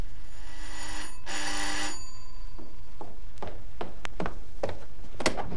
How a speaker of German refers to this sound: Da ist man zu Hause und da klingelt's plötzlich.